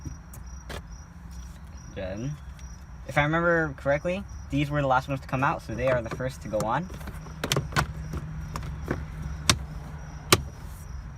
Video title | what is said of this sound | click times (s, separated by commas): How To Remove Instrument Cluster Speedometer Gauge Console Honda Accord - DIY Auto Repair Guide | Snap in place. | 9.5 s, 10.3 s